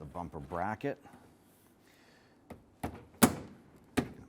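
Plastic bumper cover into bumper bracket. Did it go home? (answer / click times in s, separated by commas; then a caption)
yes / 3.2 s. Someone talks briefly, then a plastic front bumper cover on a 2011–2021 Jeep Grand Cherokee 3.6L V6 is fed into the bumper bracket. Quieter plastic knocks come at about 2.5 s and 2.8 s, and a sharp pop at 3.2 s marks the cover seating in the bracket. Another smaller snap follows at 4.0 s.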